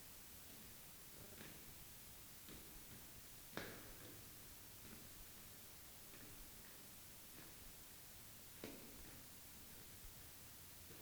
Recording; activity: daily activity, guitar pickup as the sensor; go downstairs